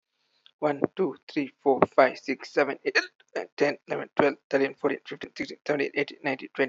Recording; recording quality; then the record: counting at a fast pace; excellent, no background noise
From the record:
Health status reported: healthy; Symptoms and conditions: none ticked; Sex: male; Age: 36 years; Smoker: not ticked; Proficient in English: yes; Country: India